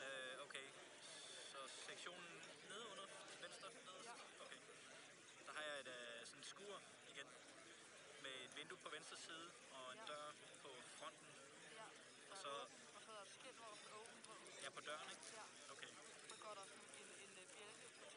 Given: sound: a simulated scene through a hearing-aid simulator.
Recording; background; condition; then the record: conversation; cafeteria; 0 dB SNR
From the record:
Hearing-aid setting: II (fast-acting compression, audibility-based gain, advanced features for about 2.5 dB of SNR improvement); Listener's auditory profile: D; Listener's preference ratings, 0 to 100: 69, 48, 24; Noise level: 65 dB SPL